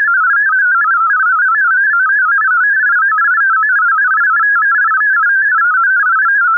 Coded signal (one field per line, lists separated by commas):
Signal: multi-tone FSK (Olivia or MFSK type)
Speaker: data today is FL DG auto-switching the data for now is in FLD